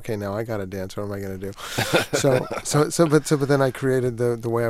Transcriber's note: soundbite of laughter